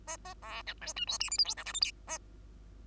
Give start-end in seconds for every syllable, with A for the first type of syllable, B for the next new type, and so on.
0.07-0.17 A, 0.25-0.34 A, 0.42-0.63 B, 0.66-0.74 C, 0.81-0.93 D, 0.96-1.06 E, 1.07-1.18 F, 1.20-1.30 G, 1.30-1.38 H, 1.38-1.45 I, 1.45-1.55 J, 1.57-1.64 K, 1.65-1.73 L, 1.74-1.81 M, 1.81-1.91 N, 2.07-2.18 A